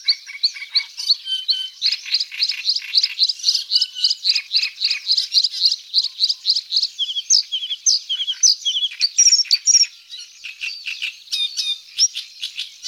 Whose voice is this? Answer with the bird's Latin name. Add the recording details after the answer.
Luscinia svecica. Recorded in the wild. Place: Nagyivan / Hortobagy Nationalpark, HU. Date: 1990-05-25. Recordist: Schwarz, Dieter. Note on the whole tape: Song